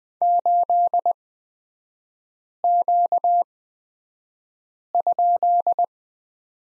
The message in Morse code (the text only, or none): 8Q?